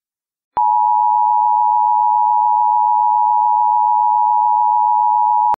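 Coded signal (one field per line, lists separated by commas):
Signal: Emergency Alert System (SAME) tones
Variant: 853 and 960 Hz attention tone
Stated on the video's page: Fictional EAS scenario.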